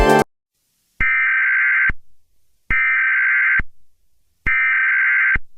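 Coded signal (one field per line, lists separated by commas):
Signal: Emergency Alert System (SAME) tones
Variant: header bursts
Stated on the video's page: Fictional animated EAS scenario about killer scorpions.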